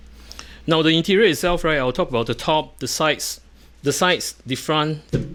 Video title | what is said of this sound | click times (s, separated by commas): Lian Li O11 Dynamic mini - Things to take note | and put to place it back right make sure you push it all the way where you hear a click | 0.3 s, 0.4 s